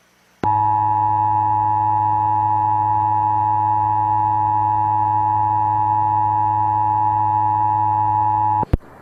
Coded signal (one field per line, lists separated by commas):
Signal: Emergency Alert System (SAME) tones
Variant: 853 and 960 Hz attention tone